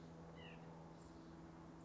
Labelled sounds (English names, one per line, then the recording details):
White-breasted Nuthatch
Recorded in Sonoma County, California